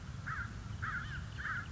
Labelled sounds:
American Crow (Corvus brachyrhynchos)
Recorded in Sonoma County, California

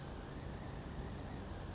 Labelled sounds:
Western Flycatcher (Empidonax difficilis)
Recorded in Sonoma County, California

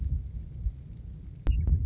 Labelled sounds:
Western Meadowlark (Sturnella neglecta)
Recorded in Sonoma County, California

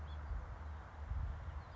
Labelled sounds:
House Finch (Haemorhous mexicanus)
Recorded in Sonoma County, California

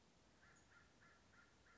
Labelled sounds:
American Crow (Corvus brachyrhynchos)
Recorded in Sonoma County, California

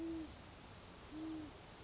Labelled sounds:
Great Horned Owl (Bubo virginianus)
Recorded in Sonoma County, California

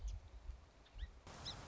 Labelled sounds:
Song Sparrow (Melospiza melodia)
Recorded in Sonoma County, California

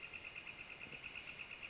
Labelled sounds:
Northern Flicker (Colaptes auratus)
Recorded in Sonoma County, California

